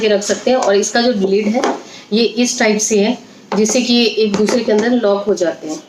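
A plastic kitchen storage container is being stacked onto another container's lid, whose profile is made to interlock with it. Throughout the clip someone talks, with no distinct handling clicks or knocks standing out. The clip ends before the container goes home, so nothing has seated or locked yet.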